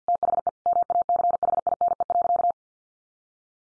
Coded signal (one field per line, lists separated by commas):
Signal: Morse code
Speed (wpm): 50 wpm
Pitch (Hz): 700 Hz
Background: none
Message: THE MACHINE.